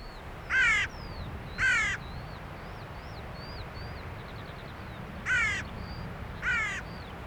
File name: Corvus corone